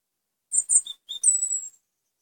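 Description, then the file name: European robin song phrase: quick high sparkling notes, a short pause, then a long thin whistle gliding slightly downward, clean and quiet background. Gran Canaria subspecies, Erithacus rubecula marionae. "Pechuguero de Gran Canaria (Erithacus Rubecula Marionae)"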